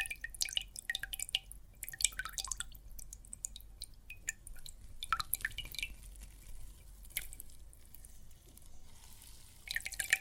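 Water and soap foam crackle with dense, irregular bursts of small wet pops and drips, bright and fizzing, thickest in the first two seconds and again near five, seven and ten seconds. A faint low steady hum runs underneath throughout.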